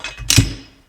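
A metal retaining clip that holds the top washer is slid down around the narrow section of a coilover shock on a Ridetech IRS for a 1991 Foxbody and pushed by hand. There is a soft knock at 0.0 s, then a sharp snap at 0.3 s that decays over about half a second. The clip seats and catches on the top so it won't slide off.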